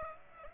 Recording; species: mosquito wingbeat signal from an infrared sensor; Aedes aegypti